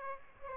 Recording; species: mosquito wingbeat signal from an infrared sensor; Aedes aegypti